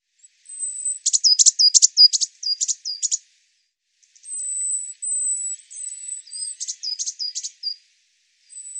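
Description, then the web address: Eurasian blue tit calling: thin, very high drawn-out notes lead into rapid zigzagging chatter, two bursts separated by a longer sustained high note. "cianscape birddata Deverinetal 2025 File cleaned normalized Bird Cy Ca"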